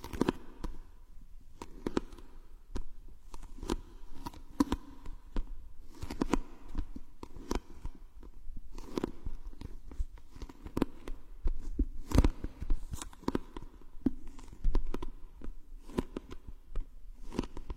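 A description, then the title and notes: A haircut with crisp scissor snips landing irregularly throughout, sometimes in quick clusters and sometimes spaced out, with a few louder cuts near the middle. Soft rustling and a faint low hum sit underneath. ASMR haircut.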